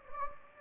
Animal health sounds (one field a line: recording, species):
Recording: mosquito wingbeat signal from an infrared sensor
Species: Anopheles gambiae